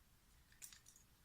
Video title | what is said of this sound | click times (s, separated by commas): 3d printed hex bit holder | The hinge has clicky grooves so that they click into place, and thus the screw has to be a little bit springy. | 0.6 s